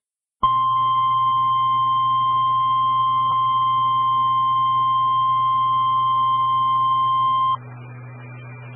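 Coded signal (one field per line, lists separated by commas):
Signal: Emergency Alert System (SAME) tones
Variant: 1050 Hz attention tone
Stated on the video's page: Heard on linked amateur repeaters carrying SKYWARN weather spotter traffic.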